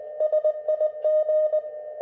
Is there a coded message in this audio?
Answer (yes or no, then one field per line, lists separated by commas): yes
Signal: Morse code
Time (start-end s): 0.2-1.6 s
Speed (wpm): 20 wpm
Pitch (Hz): 610 Hz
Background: none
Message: SIG